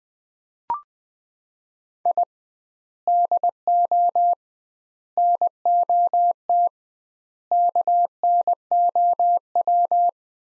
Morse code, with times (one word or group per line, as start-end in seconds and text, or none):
2.1-2.2 I
3.1-4.3 DO
5.2-6.7 NOT
7.5-10.1 KNOW